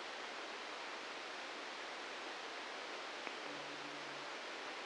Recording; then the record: brain microelectrode recording played as sound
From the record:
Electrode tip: outside the subthalamic nucleus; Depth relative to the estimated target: 2 mm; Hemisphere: right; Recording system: NeuroSet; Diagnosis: Parkinson's disease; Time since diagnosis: 7 years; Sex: male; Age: 44 years